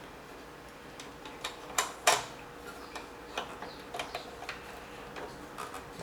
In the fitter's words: I don't know. I don't hear it clicking though.